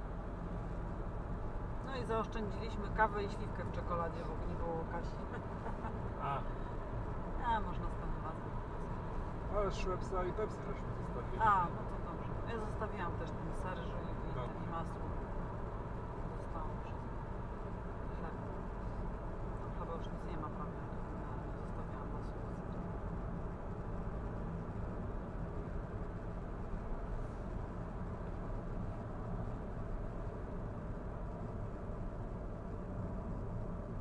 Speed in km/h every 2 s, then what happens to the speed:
79, 83, 87, 90, 91, 91, 91, 90, 86, 84, 82, 80, 78, 75, 71, 67, 63.
0-6 speeds up to 90. 6-12 steady at about 91. 12-34 slows to 63.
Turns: none.